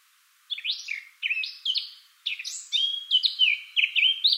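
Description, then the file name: Eurasian blackcap singing chirpy, looping warbled notes in two phrases separated by a brief pause. "Sylvia atricapilla"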